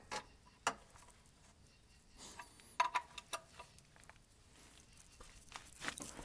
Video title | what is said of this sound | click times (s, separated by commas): 2009-2013 Toyota Corolla Oil Change! How to Change Oil 2011 Toyota Corolla! Wal Mart Super Tech Oil! | I think we got it all the way. Well, no click here. | none